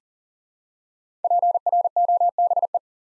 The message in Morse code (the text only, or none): PROBE